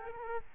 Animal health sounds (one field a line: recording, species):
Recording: mosquito wingbeat signal from an infrared sensor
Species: Aedes albopictus